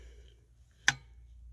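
On a 1999 Kawasaki Prairie 300 4x4 ATV engine, the center screw of the cam chain tensioner is loosened, releasing the retracted spring-loaded metal plunger. It pops out against the timing chain with one sharp click at 0.9 s over a low steady hum. The plunger goes solid and puts tension on the chain.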